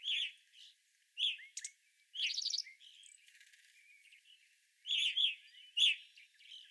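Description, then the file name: Evening grosbeak chirps mixed with buzzy, rattling trills from the flock, loud bursts at the start and end with a quieter middle. Several evening grosbeaks, recorded 25 April 2021. "2021-04-25 Evening Grosbeaks"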